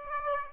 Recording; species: mosquito wingbeat signal from an infrared sensor; Aedes aegypti